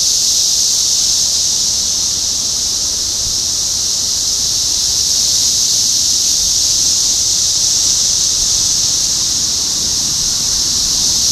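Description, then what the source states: Unbroken cicada drone, a bright shrill buzz that stays level across the whole stretch. Topeka, Kansas, 14 June 2015.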